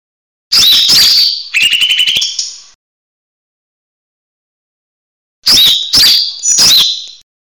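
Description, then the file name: Leafbird song in short bursts: sharp whistled notes and a brief rattling trill, then after a pause three quick sharp whistled phrases. Song style called mini tembakan besetan, used for training songbirds. "cucak hijau mini tembakan besetan omkicau"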